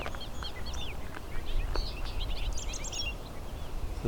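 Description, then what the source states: Bobolink song, a bubbling run of bright, metallic, slurred notes delivered in quick succession over low rumbling wind, with a few clicks. Male singing while flying; several bobolinks present in the area; song likened to a skipping CD.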